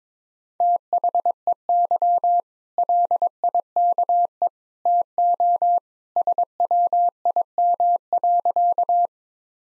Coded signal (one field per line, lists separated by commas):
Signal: Morse code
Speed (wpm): 22 wpm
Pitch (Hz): 700 Hz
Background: none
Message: THEY LIKE TO SWIM.